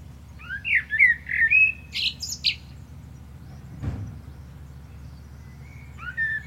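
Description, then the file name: Common blackbird singing a warbled phrase with a high scratchy ending, followed by a dull thud and a last soft whistle. "Turdus merula"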